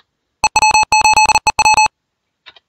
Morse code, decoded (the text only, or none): EW8EW